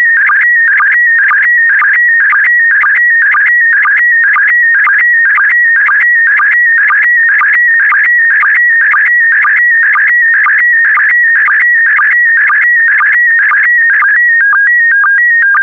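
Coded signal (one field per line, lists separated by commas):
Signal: SSTV (slow-scan television)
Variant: PD120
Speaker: complete. You can now check your decoded image against the picture that is shown on the video.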